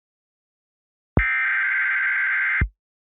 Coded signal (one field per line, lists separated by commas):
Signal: Emergency Alert System (SAME) tones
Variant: header bursts